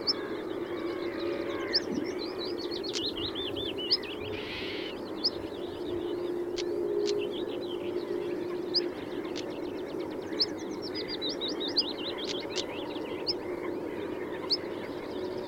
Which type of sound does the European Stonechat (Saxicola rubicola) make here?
alarm call